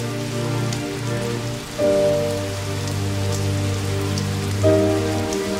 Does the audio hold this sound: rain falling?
yes